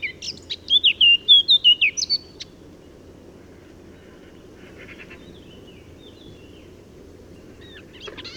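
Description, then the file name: Eurasian blackcap song: a short loud phrase of clear fluting whistles at the start, followed by long near-silence with faint twitters. "Sylvia atricapilla"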